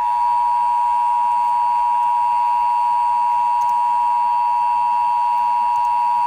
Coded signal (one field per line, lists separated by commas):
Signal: Emergency Alert System (SAME) tones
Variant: 853 and 960 Hz attention tone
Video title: Emnet Tornado Warning on WJON (EAS #601)